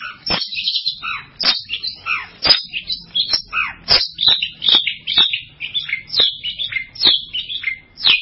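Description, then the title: Bird song, a busy stream of high chirps and short twittering phrases packed closely together throughout, punctuated by sharp clicks. "burung online"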